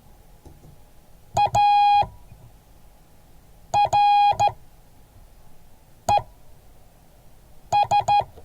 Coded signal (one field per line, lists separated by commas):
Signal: Morse code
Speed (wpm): 14 wpm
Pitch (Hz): 820 Hz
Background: none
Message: ARES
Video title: Morse code class 2023-01-11